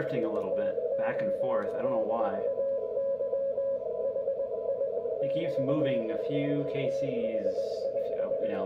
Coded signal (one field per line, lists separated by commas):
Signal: Morse code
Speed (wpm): 21 wpm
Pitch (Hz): 550 Hz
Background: speech, radio noise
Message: TODAY HI <BT> THIS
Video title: K0LWC Sunday Night 40M CW